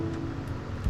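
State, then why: Not seated. A bench-tested replacement component, likely a switch or fuse, is being handled as it is fitted back into its mount inside a Viking VMOC506SS microwave. A steady low hum and faint rustling fill the second, with a soft low thump near 0.9 s. Nothing has seated or clicked into place yet.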